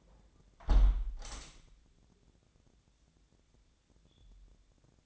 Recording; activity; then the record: daily activity, microphone in the room; close window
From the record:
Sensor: 3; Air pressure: 1012.3 hPa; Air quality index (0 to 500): 114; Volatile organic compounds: 1 ppm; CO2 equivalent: 891 ppm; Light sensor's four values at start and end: 173/418/170/157 and 175/420/171/158